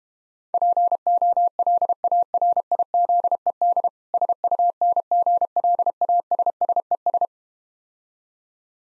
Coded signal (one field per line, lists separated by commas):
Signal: Morse code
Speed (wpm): 32 wpm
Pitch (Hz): 700 Hz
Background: none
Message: POLARIZED SUNGLASSES